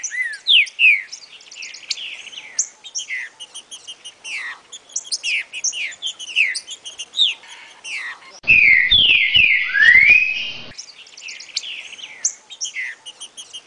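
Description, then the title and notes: Green-winged saltator song: one loud burst of slurred whistles near the end, amid a steady stream of high, quick chirps and twitters. Part of a collection of Brazilian birds. "trinca ferro. kumpulan burung brazil"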